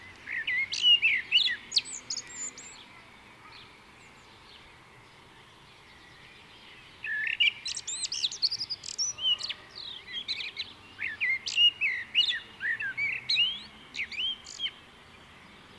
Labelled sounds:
Common Blackbird (Turdus merula) song

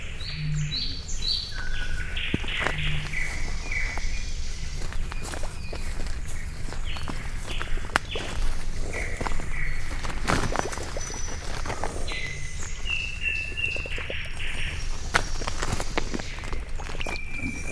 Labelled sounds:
Eurasian Beaver (Castor fiber) call

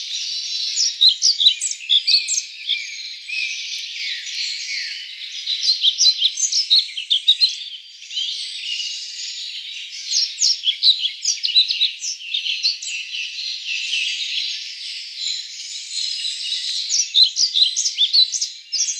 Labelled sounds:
European Pied Flycatcher (Ficedula hypoleuca) song

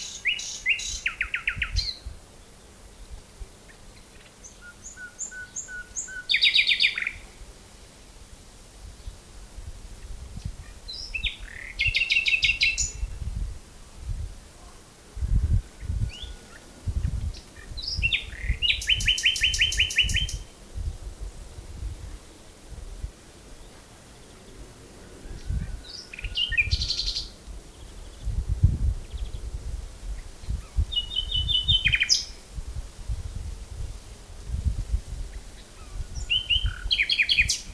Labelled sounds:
Common Nightingale (Luscinia megarhynchos) song

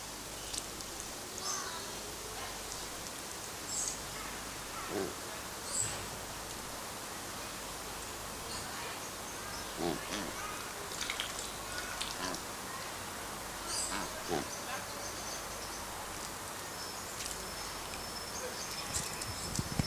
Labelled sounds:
Coscoroba Swan (Coscoroba coscoroba) call

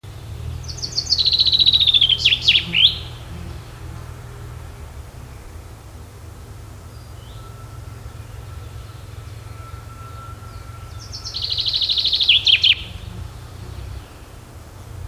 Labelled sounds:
Common Chaffinch (Fringilla coelebs) song

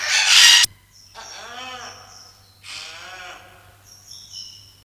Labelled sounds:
Wrinkled Hornbill (Aceros corrugatus) call

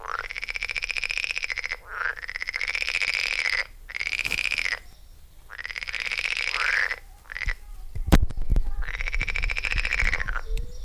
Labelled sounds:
Edible Frog (Pelophylax esculentus) call

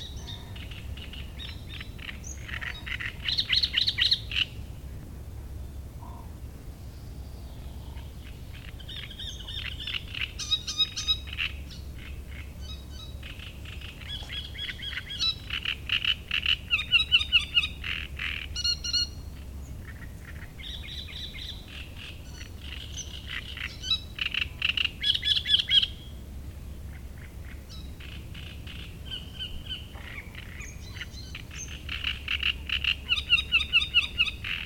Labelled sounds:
Great Reed Warbler (Acrocephalus arundinaceus)

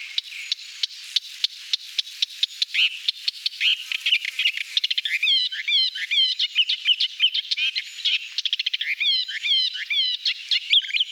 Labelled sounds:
Thick-billed Warbler (Iduna aedon) song

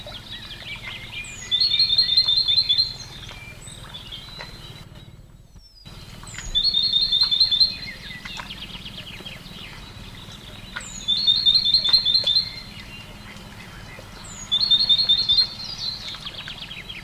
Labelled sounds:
Great Tit (Parus major)

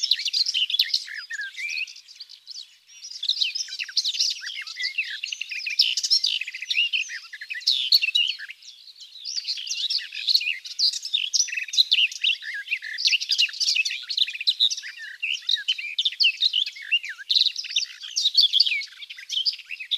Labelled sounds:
Garden Warbler (Sylvia borin) song

